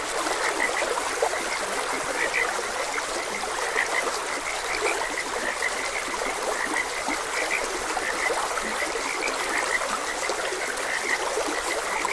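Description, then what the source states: Frogs calling in short repeated croaks, partly buried under a continuous babbling stream. Frogs croaking beside a gentle stream.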